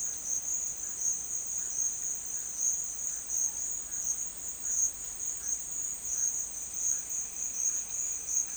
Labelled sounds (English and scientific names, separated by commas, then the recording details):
none
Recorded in secondary vegetation near Puerto Asís, Putumayo, Colombia, on 29 June 2025 at 12:30
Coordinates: 0.499, -76.323
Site G077